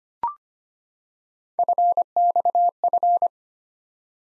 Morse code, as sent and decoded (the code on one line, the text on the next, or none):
..-. -..- ..-.
FXF